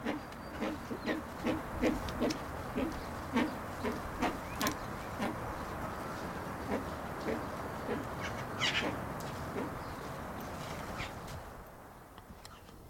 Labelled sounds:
Brown Eared Pheasant call
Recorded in captivity
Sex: diverse
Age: adult
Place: Tierpark Berlin, Berlin, DE
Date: 1992-04-19 11:30
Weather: wechselnd wolkig, 8°C, Windböen
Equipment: Nagra SN, Mikrofon AKG CK 8, Kopie Tesla B 116
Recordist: Tembrock, Günter

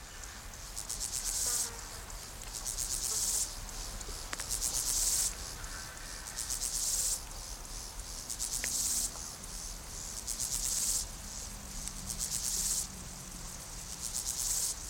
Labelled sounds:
Steppe Grasshopper stridulation
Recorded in the wild
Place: Blankenfelde, Tegeler Fließ, Berlin, DE
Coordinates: 52.625, 13.404
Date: 1992-08-16 12:15
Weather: sonnig - wolkig, 17-22°C
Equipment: Marantz CP 430, Sennheiser ME 80, Kopie Tesla B 116
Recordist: Tembrock, Günter

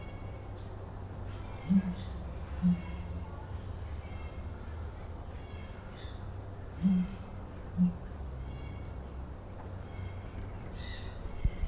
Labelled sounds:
Southern Ground Hornbill call
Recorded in captivity
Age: adult
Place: Zoo Berlin, Berlin, DE
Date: 1997-09-16 16:04
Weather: heiter - wolkig, ca. 23°C
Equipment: Sony MD-WM MZ-R3, Sennheiser ME 80, Kopie Uher 4000 Report Monitor
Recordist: Tembrock, Günter
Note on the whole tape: Zweisilbiger Ruf eines Tieres (Entfernung 3-10 m)

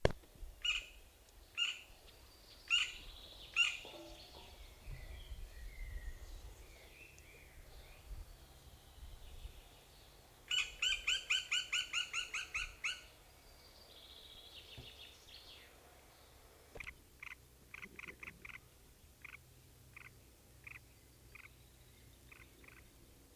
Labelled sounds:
Black Woodpecker begging call
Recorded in the wild
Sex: female
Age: juvenile
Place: Schloß Holte-Stukenbrock, Senne, Nordrhein-Westfalen, DE
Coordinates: 51.8667, 8.66667
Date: 1968-06-16
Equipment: Uher 4000 Report-S, Bändchenmikro Beyer M 260, Parabolspiegel Polyester (470 mm)
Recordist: Conrads, Klaus

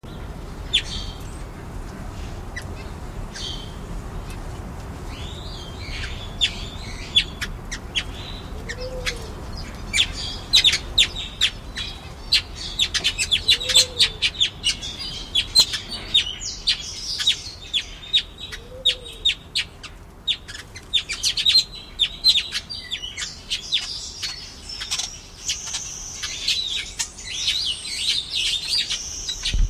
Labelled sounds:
Village Weaver
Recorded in captivity
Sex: group
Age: adult
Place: Zoo Osnabrück, Niedersachsen, DE
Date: 1991-09-09 10:57
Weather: overcast, 13°C
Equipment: Marantz CP 430, Kopie Tesla B 116
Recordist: Tembrock, Günter
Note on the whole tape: Textorweber. Lautfolgen, z.T. mit Flügelschwirren

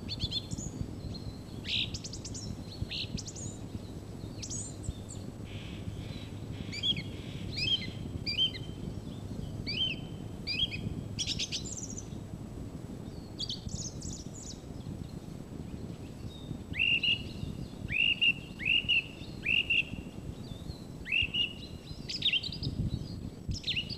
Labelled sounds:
Song Thrush song
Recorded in the wild
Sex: male
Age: adult
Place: Mirnock, Kärnten, AT
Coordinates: 46.75, 13.73
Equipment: Hornyphon, Phillips Mikrofon
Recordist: Brunner, Thomas
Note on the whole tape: Frühjahr 1967, oberhalb der Netzelwand aufgenommen

